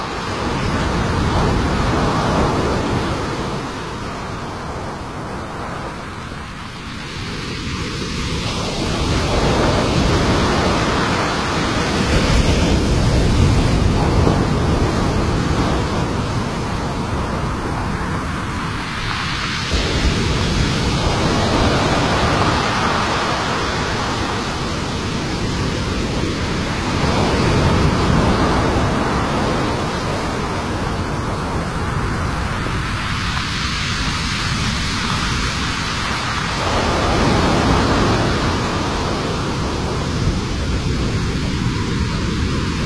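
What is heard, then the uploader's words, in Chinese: Pacific surf rolls in continuously, with dense washing noise swelling and easing in broad waves roughly every seven to eight seconds. 大自然的声音：太平洋冲浪。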